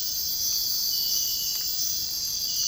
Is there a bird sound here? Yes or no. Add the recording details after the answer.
no. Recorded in dense forest near Puerto Asís, Putumayo, Colombia, on 19 February 2024 at 04:30. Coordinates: 0.485, -76.325. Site G6429